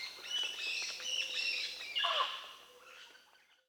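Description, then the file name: Mealy parrot giving a rapid run of harsh, chattering squawks that swell, peak near two seconds, then fade away. Recorded in Peru and Bolivia, Amazon region. "Mealy Parrot (Amazona farinosa), Peru, Bolivia"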